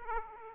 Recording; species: mosquito wingbeat signal from an infrared sensor; Aedes aegypti